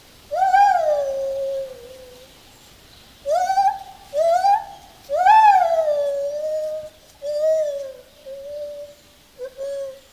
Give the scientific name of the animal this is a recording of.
Hylobates lar